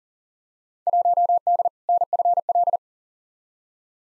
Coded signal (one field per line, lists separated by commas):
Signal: Morse code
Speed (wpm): 37 wpm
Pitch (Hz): 700 Hz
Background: none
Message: 1D NFL